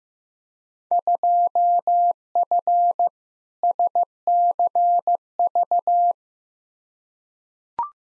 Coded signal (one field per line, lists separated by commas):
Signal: Morse code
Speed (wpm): 15 wpm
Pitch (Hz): 700 Hz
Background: none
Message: 2F SCV